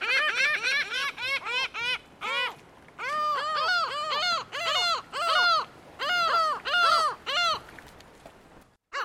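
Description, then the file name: Lava gull calling in a long run of hoarse, arched cries, fast at first and then in slower groups of notes, ending abruptly. "Canto da Gaivota da Lava"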